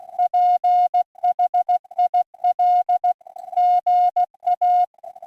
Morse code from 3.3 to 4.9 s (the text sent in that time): GA